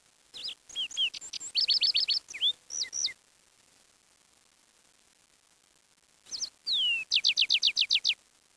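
Bird giving quick twittering chirps with sweeping whistled notes, then after a pause a downslurred call followed by a fast run of repeated upswept notes.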